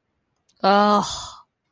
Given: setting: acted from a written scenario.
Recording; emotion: vocal sound without words; contentment